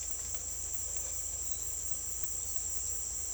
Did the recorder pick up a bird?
no